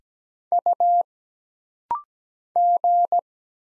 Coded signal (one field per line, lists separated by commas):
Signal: Morse code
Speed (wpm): 17 wpm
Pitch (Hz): 700 Hz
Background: none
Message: U G